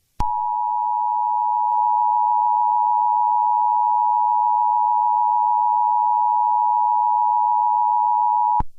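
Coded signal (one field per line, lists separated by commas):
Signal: Emergency Alert System (SAME) tones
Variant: 853 and 960 Hz attention tone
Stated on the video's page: EAS tones in a fictional, made-up emergency alert scenario inspired by another scenario.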